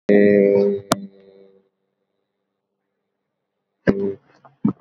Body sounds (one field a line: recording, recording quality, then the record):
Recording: sustained vowel as in made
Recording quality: poor, much background noise or distortion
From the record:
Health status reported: COVID-19 positive, mild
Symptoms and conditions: sore throat, fever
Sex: male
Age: 25 years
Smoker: not ticked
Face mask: worn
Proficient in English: yes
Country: India